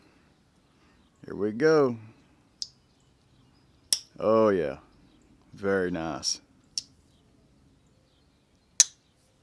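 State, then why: Seated. Someone talks while working the S35VN steel blade of a slipjoint pocket knife with a Desert Ironwood handle against its backspring, with a few short, sharp clicks between the talking. At 8.8 s the blade snaps into its detent with a loud, sharp click, seating it in position.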